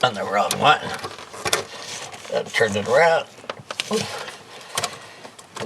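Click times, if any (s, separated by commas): 4.8 s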